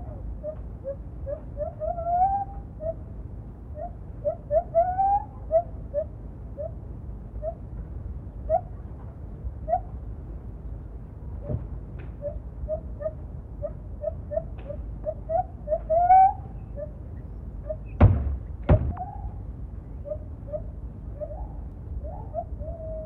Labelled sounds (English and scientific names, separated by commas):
Lar Gibbon (Hylobates lar)